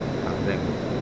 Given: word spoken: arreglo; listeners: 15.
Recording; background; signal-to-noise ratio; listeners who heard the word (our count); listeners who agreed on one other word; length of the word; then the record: one Spanish word in noise, from a listening test; speech-shaped noise; -5.2 dB; 0 of 15; 6 of 15; 0.61 s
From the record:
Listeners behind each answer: 6, 3, 2, 1, 1, 1, 1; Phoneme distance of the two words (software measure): 34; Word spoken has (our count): 3 syllables, 6 phonemes, stress on syllable 2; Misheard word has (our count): 2 syllables, 4 phonemes, stress on syllable 2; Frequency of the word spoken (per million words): 18.05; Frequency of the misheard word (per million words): 629.68